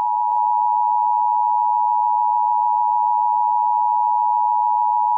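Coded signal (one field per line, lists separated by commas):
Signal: Emergency Alert System (SAME) tones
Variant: 853 and 960 Hz attention tone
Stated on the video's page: Fictional mock of a Contagious Disease Warning, a SAME code that has never been issued.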